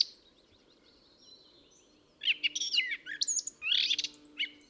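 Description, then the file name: Eurasian blackcap starting after two quiet seconds with a lively, varied warble of whistled and chattering notes. "Sylvia atricapilla"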